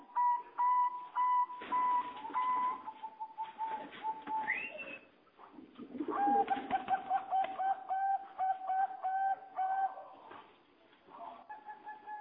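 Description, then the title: Java sparrow song: a steady mid-pitched tone broken into quick repeated pulses, in several bursts with clicky notes between them. "kicau gelatik"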